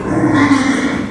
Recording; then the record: squeal of a Yucatan mini pig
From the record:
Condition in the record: after surgery on the right vocal fold (resection and tissue-engineered implant); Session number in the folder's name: 4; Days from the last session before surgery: 26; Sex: female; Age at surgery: 19 weeks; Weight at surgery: 25 kg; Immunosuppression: prednisolone